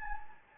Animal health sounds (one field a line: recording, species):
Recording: mosquito wingbeat signal from an infrared sensor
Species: Anopheles gambiae